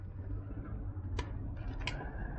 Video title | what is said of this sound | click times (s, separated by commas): Area 13 35A controller upgrade on Rad Rover 5 | Snaps right into place. | 1.9 s